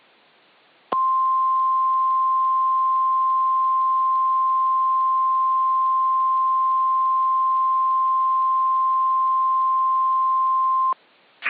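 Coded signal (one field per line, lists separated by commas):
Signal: Emergency Alert System (SAME) tones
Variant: 1050 Hz attention tone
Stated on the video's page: Fictional Hawaii hurricane scenario with simulated alerts modelled on real alerts from past tropical cyclones.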